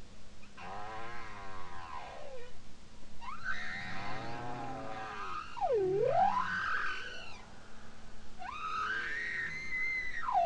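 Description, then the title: Bowhead whale song: harmonic, wavering notes, a deep U-shaped swoop that dips and climbs, then a rising, arching whistle-like tone that holds and falls away. Bowhead whale song recorded off Spitsbergen, from a study of the extreme diversity of this population's songs, published April 2018. "Grønlandshvalens sang 1."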